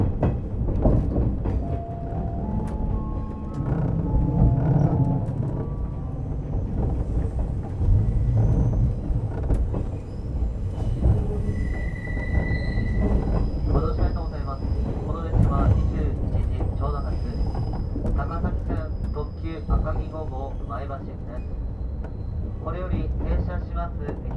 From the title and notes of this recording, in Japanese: 特急あかぎ5号の車内音（185系）。上野駅出発後に最前部で集音。特急「あかぎ」の車内音。